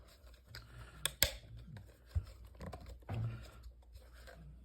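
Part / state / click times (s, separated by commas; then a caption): plastic nub mod lip onto holster retention switch / seated / 1.1 s, 1.2 s. A plastic Oregon Trail Defense Nub Mod is fitted onto a Safariland ALS holster, its lip going under the holster retention switch so the two parts mate together. Soft handling and scraping are heard, then two sharp snaps at 1.1 and 1.2 seconds as the nub mod seats, followed by more quiet rubbing and handling.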